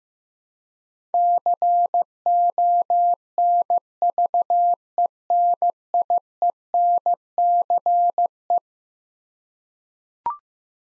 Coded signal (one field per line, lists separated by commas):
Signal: Morse code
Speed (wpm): 15 wpm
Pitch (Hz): 700 Hz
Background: none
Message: CONVENIENCE